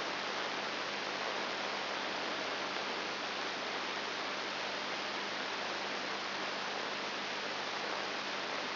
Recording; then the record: brain microelectrode recording played as sound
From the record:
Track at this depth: outside the subthalamic nucleus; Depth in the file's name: 0.109 mm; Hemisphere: left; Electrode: 3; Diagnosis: Parkinson's disease